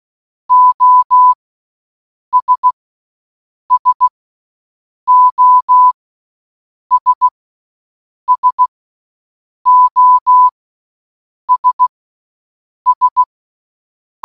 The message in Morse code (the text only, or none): OS SOS SOS S